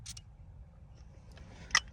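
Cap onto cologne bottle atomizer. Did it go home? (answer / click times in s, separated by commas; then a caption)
partly / 1.8 s. A plastic cap is pushed back onto the atomizer of a glass Halston 1-12 cologne bottle after one more spray, giving a sharp, bright click at about 1.8 s. The cap does not click fully into place, so it will not hold the bottle if it is grabbed by the cap.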